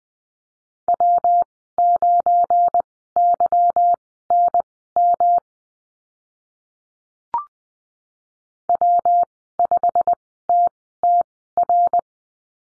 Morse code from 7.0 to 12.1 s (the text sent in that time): W5TTR